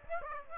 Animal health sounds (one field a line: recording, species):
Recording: mosquito wingbeat signal from an infrared sensor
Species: Aedes aegypti